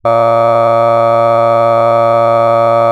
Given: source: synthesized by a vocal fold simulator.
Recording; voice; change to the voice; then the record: sustained vowel; male; cycle-to-cycle stiffness perturbation (roughness), level 4 of 10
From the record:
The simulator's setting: 2.05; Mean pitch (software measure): 115 Hz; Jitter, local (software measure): 1.18%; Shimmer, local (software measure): 4.4%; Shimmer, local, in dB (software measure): 0.39 dB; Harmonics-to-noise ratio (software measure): 17.5 dB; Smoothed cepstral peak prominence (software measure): 20.6 dB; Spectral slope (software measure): -17.1 dB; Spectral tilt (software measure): -11.3 dB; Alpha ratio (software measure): -7.6 dB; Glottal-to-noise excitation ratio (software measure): 0.995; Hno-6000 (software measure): 2.5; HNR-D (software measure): 24.5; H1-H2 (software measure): 4.9 dB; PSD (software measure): 8.1e-05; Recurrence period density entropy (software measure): 0.106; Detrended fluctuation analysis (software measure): 0.0552